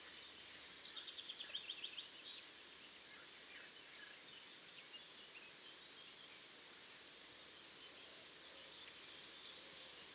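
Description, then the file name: Great tit calls: a quick trill of very high thin notes with a lower note series after it, then a pause and a longer high trill ending abruptly. "Parus major"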